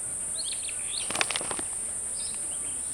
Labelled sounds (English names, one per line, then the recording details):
Superb Starling flight call
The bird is a male
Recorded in Kenya on 1 June 2010
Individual 44, of group MRC1